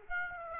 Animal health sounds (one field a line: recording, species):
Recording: mosquito wingbeat signal from an infrared sensor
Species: Aedes aegypti